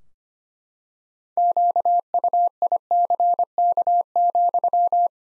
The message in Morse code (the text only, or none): QUICK,